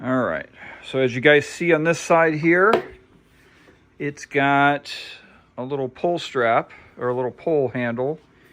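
A man talks while handling the pull handle on the side of a BODEGAcooler DD40 portable dual-zone car fridge/freezer, folding it back toward its stowed position. Nothing has seated or clicked yet; the handle has not snapped into place by the end of the clip.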